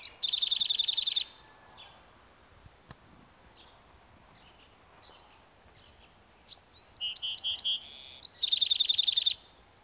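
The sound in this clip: Bewick's wren: the end of one song's rapid trill, a long quiet pause, then a complete song of intro notes, even notes, a buzz and a fast trill.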